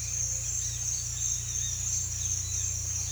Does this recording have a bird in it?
yes